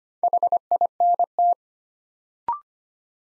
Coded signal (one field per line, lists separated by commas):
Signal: Morse code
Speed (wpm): 25 wpm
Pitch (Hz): 700 Hz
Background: none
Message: HINT